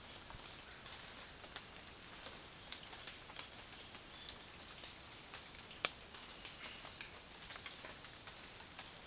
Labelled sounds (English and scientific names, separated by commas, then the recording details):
none
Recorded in dense forest near Puerto Asís, Putumayo, Colombia, on 19 June 2025 at 10:00
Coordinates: 0.466, -76.327
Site GP04